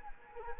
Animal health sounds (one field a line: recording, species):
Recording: mosquito wingbeat signal from an infrared sensor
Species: Anopheles arabiensis